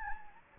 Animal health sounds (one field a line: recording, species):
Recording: mosquito wingbeat signal from an infrared sensor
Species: Anopheles gambiae